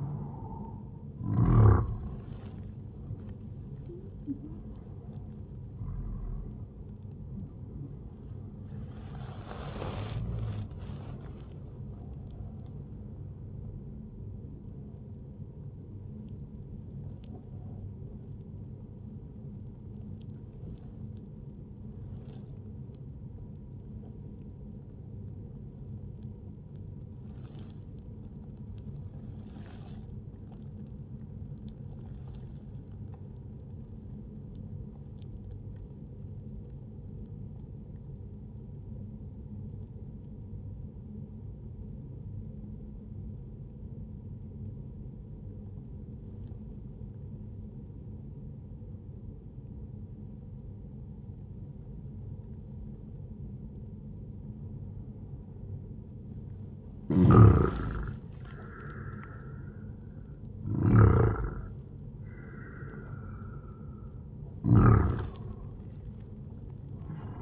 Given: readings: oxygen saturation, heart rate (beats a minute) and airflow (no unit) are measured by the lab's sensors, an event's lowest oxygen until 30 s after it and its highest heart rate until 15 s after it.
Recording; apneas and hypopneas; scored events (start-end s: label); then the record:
breathing in sleep by a smartphone at the bedside; 1
21.00-56.50 s: obstructive apnea (N1, oxygen 98% highest, then 94% lowest, heart rate 64 at the start, 76 highest)
From the record:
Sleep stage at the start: N1 (lightest sleep); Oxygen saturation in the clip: 93 to 98%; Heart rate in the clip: 60 to 79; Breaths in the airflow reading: 6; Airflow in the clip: -8.2 to 10.4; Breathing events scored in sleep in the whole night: 131 in 7.2 hours asleep